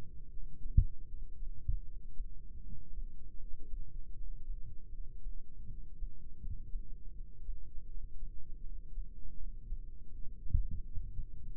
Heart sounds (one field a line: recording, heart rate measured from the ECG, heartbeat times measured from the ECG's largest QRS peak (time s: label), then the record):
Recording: heart sounds by microphone in the right ear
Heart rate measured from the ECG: 80 bpm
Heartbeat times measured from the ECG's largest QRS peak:
0.29 s: heartbeat
1.06 s: heartbeat
1.83 s: heartbeat
2.61 s: heartbeat
3.37 s: heartbeat
4.13 s: heartbeat
4.90 s: heartbeat
5.66 s: heartbeat
6.39 s: heartbeat
7.12 s: heartbeat
7.87 s: heartbeat
8.61 s: heartbeat
9.36 s: heartbeat
10.10 s: heartbeat
10.83 s: heartbeat
11.55 s: heartbeat
From the record:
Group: healthy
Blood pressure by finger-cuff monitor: 109/74 mmHg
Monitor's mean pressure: 88 mmHg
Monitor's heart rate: 79 bpm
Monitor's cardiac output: 4.8 L/min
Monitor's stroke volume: 60 mL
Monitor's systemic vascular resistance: 1330 dyn s/cm5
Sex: female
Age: 51 years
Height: 162 cm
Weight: 70.04 kg